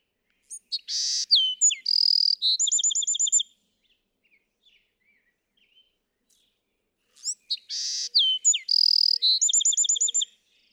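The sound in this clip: Bewick's wren song: two complex phrases about seven seconds apart, each with high whistled slurs, a buzzy note, then a fast rattling trill of repeated notes.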